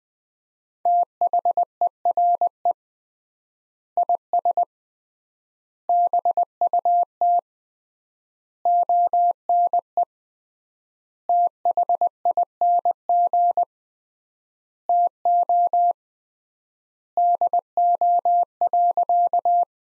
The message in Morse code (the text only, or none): THERE IS BUT ONE THING TO DO.